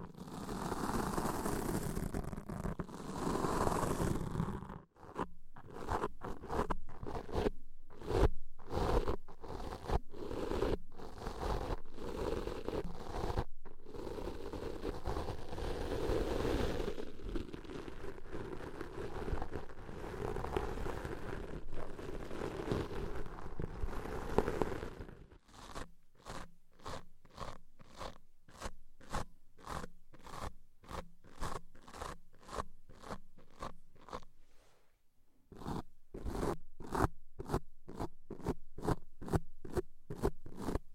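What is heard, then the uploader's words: Rapid scratching and crackling of ear cleaning, dense rubbing for twenty-five seconds, then sharper evenly spaced strokes with brief pauses near five and thirty-five seconds. ASMR Deep Ear Cleaning - Intense Ear Relaxation (No Talking).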